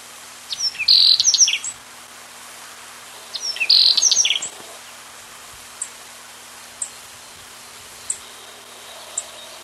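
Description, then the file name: Black-faced bunting song: two short, high, jingling phrases of quick chirps a couple of seconds apart, then single thin call notes spaced about a second apart. "Espodocephala"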